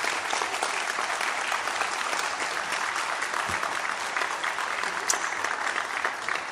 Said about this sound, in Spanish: En esta fiesta, claro que sí, muy merecido aplauso.